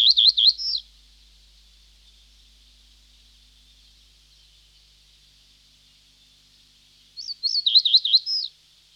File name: Reed Bunting (Emberiza schoeniclus)